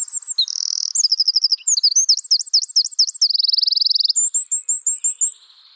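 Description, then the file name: Eurasian wren song: a buzzy trill, quick chips, a series of looping warbles, a rapid rattle and a final run of high thin notes. "Troglodytes troglodytes"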